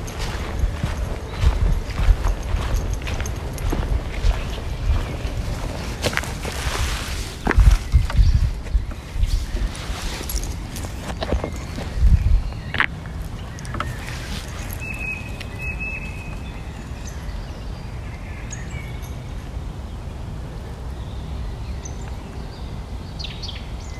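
A walk in the woods with a dog: crunching footsteps and rustling, sharper knocks around 6 to 12 seconds, brief bird chirps near 15 seconds.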